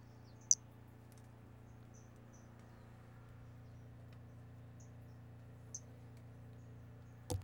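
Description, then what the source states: Brachycephalus albolineatus calling: brief high-pitched chirped notes at irregular intervals, one louder note early, over a steady low hum, with a click at the end. Individual 14; specimen collected, catalogued MNRJ 90349.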